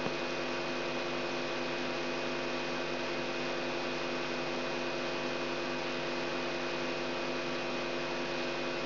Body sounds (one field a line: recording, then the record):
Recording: brain microelectrode recording played as sound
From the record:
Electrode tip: outside the subthalamic nucleus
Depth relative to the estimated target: 0.3 mm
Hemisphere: right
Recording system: AlphaMap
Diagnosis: Parkinson's disease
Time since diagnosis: 17 years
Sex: female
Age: 63 years